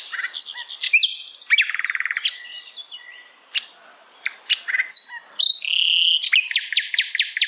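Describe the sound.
Bird song made of buzzy trills and rapid repeated notes, a brief lull midway, then a fast even series of sharp notes.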